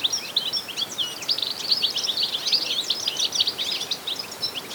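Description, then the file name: European goldfinch chatter, continuous rapid high liquid twitters and short buzzy notes, with a constant hiss behind. "Carduelis carduelis"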